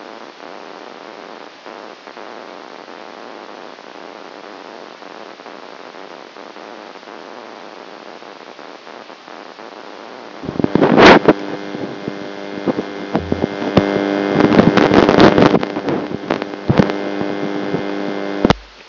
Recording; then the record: brain microelectrode recording played as sound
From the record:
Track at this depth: outside the subthalamic nucleus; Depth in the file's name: -1.509 mm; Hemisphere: right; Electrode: 2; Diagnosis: Parkinson's disease